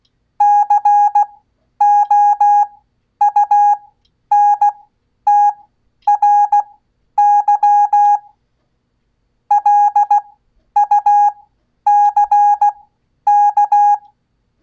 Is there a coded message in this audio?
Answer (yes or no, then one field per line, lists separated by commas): yes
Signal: Morse code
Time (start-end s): 0.4-13.9 s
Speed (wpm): 16 wpm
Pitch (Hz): 820 Hz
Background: none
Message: COUNTRY LUCK